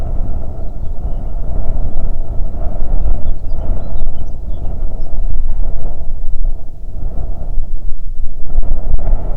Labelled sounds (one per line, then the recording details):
songbird
wind
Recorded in the Prudhoe Bay oil fields, Alaska, on 6 June 2019 at 04:09
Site 16